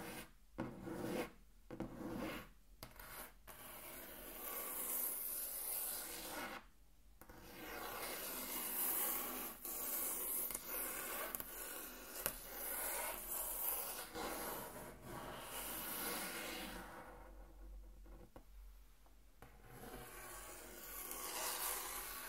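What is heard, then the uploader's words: Intense tracing across a table: a dry, rasping rub of something dragged firmly over a wooden surface. The opening seconds break into short strokes with brief gaps, then the scraping runs long and continuous, hissy and bright, with a quieter dip near seven seconds. Intense Table Tracing (No Talking).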